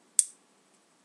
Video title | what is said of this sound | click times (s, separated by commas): Power Rangers Ninja Storm: Storm Megazord Review | it'll snap into place | 0.2 s